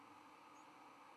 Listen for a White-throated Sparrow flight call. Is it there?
no